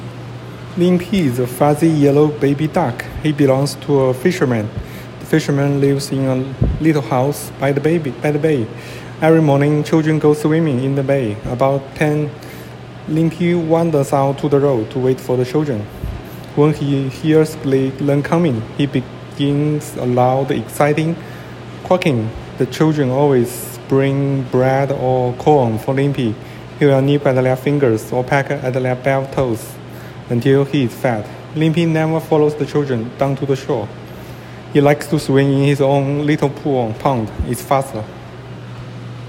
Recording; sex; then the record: reading aloud after running; male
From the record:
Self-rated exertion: light exertion (2 of 6); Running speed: 8 miles an hour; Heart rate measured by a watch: 104 beats a minute at the start, 102 at the end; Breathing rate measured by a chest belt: 15 breaths a minute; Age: 37 years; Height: 174 cm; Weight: 76 kg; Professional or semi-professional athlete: no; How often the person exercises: over 5 times a week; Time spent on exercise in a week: over 5 hours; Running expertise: yes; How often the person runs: 3 to 5 times a week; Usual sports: running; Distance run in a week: 70 km